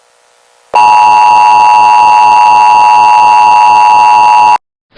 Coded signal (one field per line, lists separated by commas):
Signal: Emergency Alert System (SAME) tones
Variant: 853 and 960 Hz attention tone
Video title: EAS Scenario: Don’t Touch Grass (2)